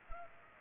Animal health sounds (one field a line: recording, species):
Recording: mosquito wingbeat signal from an infrared sensor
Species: Culex pipiens